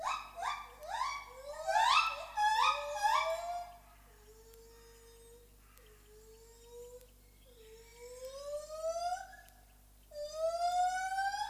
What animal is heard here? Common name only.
Lar Gibbon